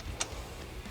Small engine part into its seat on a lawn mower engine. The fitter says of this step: sure it pops right in there